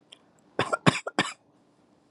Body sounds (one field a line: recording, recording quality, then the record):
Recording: shallow voluntary cough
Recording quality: excellent, no background noise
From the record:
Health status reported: COVID-19 positive, moderate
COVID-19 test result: positive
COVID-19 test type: RT-PCR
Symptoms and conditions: cough, cold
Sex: male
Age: 23 years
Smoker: no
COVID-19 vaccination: both doses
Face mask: not worn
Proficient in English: yes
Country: United States